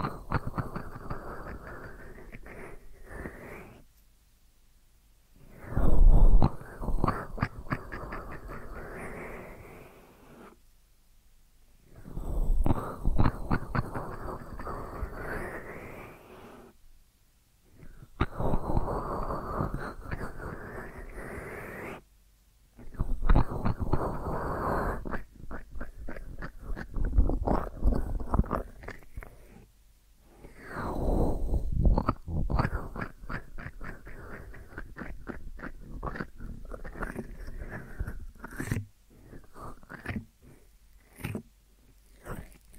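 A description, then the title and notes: Deep ear massage sounds come in repeated bursts of dense rubbing and crackling, each lasting a few seconds and separated by short silent gaps. Some passes sweep upward in pitch as they build, and there are sharp louder scrapes around six and twelve seconds. ASMR Deep Ear Massage for Sleep(No Talking).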